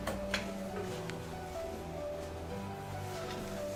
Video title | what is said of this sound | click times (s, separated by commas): 미싱스토리 930 S 사용법 동영상 | 딱 소리가 나게 넣어 주시면 되겠습니다. | 0.3 s